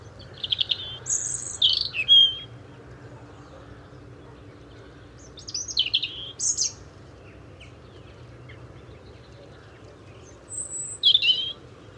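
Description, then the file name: European robin singing thin, high, tinkling phrases in three separate bursts spaced several seconds apart, each a quick jumble of sharp notes and trills, with low steady background hiss. "Erithacus rubecula"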